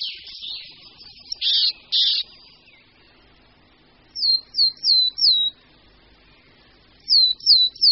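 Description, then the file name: Marsh tit: a few harsh, buzzy notes at the start, then a group of four high, hooked, whistled notes and later a group of three. "Sýkora-babka"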